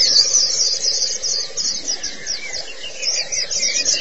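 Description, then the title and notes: White-eye song: a brief spell of dense, shrill twittering in rapid overlapping notes, with a soft low buzz in the background. "Kicauan Burung Pleci Durasi Panjang. Suara kicauan burung pleci"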